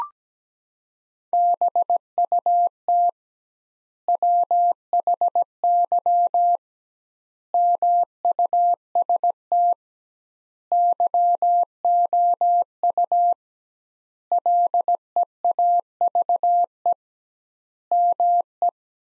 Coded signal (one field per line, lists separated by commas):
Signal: Morse code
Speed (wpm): 17 wpm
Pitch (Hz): 700 Hz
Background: none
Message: BUT WHY MUST YOU LEAVE ME